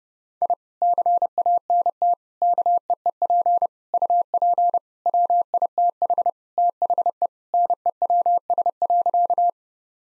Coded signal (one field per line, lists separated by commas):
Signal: Morse code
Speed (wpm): 32 wpm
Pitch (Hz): 700 Hz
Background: none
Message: I CANT KEEP UP WITH THE NEWS.